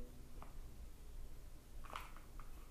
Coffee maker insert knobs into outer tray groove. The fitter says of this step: shove back in the groove until the two knobs lock into place and now they act